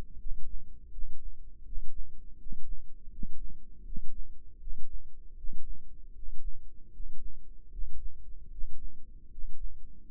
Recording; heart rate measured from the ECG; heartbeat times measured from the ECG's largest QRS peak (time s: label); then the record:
heart sounds by microphone in the left ear; 79 bpm
0.17 s: heartbeat
0.90 s: heartbeat
1.63 s: heartbeat
2.36 s: heartbeat
3.09 s: heartbeat
3.83 s: heartbeat
4.58 s: heartbeat
5.35 s: heartbeat
6.12 s: heartbeat
6.90 s: heartbeat
7.69 s: heartbeat
8.49 s: heartbeat
9.28 s: heartbeat
10.05 s: heartbeat
From the record:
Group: healthy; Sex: male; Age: 35 years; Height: 180 cm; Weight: 86.9 kg